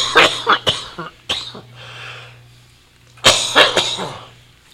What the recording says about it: Caught a little something in my throat there. This is real entertainment when you can hear the host cough.